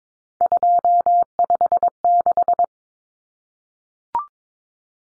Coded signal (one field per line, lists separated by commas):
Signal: Morse code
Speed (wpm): 22 wpm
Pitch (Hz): 700 Hz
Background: none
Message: 256